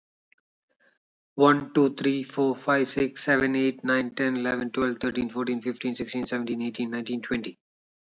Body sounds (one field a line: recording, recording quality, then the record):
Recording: counting at a fast pace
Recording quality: excellent, no background noise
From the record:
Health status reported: healthy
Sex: male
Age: 43 years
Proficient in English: yes